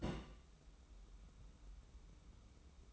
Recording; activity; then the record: daily activity, microphone in the room; place on stove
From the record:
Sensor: 1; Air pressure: 994.5 hPa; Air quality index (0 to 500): 231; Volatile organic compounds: 1000 ppm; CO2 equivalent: 8313 ppm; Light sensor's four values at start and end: 146/333/148/163 and 145/332/148/162